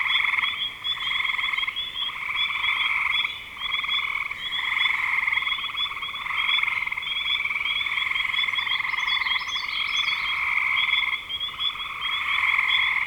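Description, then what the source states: Frogs calling in a dense chorus of pulsed, trilling croaks that swell and fade every second or two over a steady high ringing hum, with faint higher chirps near the end. Frogs in spring 2025.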